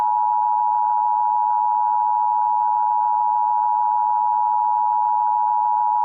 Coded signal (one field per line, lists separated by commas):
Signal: Emergency Alert System (SAME) tones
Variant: 853 and 960 Hz attention tone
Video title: EAS Child Abduction Emergency (EAS 1,220) Audio Credit to Piggy Porkchop on Feb 27/28, 2022